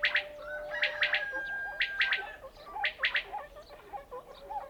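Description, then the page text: Common quail calling, sharp three-note bursts repeated about once a second, with a steady tonal whistle and other soft bird notes underneath. Recorded in a mountain kishlak (village). "Mountain Kishlak. Coturnix coturnix - Горный кишлак. Перепел"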